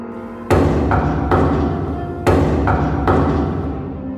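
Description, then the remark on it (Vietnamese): Two sets of three heavy knocks, like a fist on a door, in an even rhythm with a pause between sets, over a steady low droning background. “Nhưng bầu không khí tĩnh lặng ấy chỉ kéo dài chưa đến 3 giây, tiếng gõ cửa lại vang lên lần nữa.”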